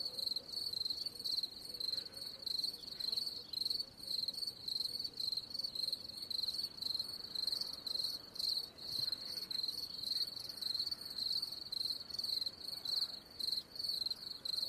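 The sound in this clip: Cricket chirping continuously, sharp high trilled bursts coming in a steady run of almost two per second over a quiet hiss.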